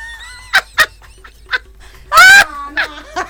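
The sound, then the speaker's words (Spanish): A guard cockatoo lets out several short, sharp squawks, then one loud, raspy screech lasting a moment, followed by a few brief, higher calls. “Cacatúa, guardiana, se cree perro y le ladra a los extraños.”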